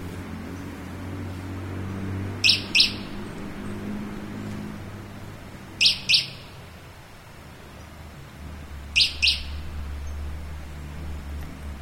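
Bird calls in pairs of quick, high, sharp chirps, each pair repeated roughly every three seconds, over a low rumbling hum.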